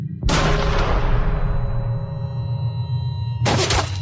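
A loud volley of Mauser rifle fire from a squad of marines booms out and rumbles away in a long, fading roar, then a second sharp burst of gunfire erupts near the end.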